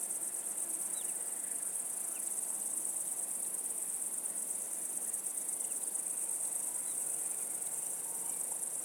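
Insect chorus, a dense unbroken high trill that stays level and even across the whole stretch, with a few faint short chirps.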